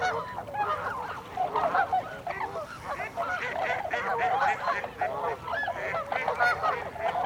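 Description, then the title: Tundra swans giving a busy chorus of mellow honks and bugles, many birds overlapping without pause. Recorded 26 December 2020; several tundra swans. "2020-12-26-Tundra-Swans"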